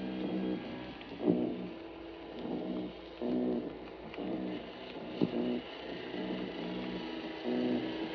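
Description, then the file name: Mulloway drumming: a series of short, low, pulsed croaks with occasional sharp clicks. "Parsons M-2013 Argyrosomus-japonicus"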